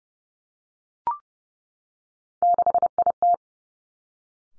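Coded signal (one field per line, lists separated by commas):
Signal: Morse code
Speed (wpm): 30 wpm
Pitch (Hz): 700 Hz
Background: none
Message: 6IT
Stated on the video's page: Morse practice drill at 30 wpm of three-character combinations of easily confused letters and numbers, each sent twice.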